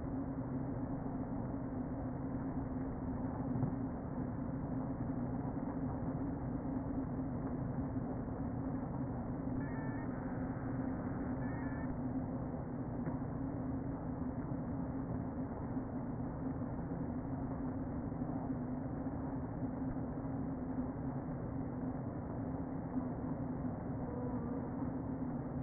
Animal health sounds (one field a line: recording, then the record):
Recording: honeybee colony, microphone inside the hive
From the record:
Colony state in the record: queen present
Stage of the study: before two queens were removed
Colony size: about 60,000 bees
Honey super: yes